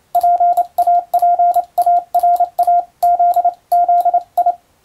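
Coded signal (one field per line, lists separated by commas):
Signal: Morse code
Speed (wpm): 28 wpm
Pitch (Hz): 700 Hz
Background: radio noise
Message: PAPARAZZI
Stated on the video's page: Morse sent with a telegraph key by a first-class radiotelegraph operator during amateur radio contacts.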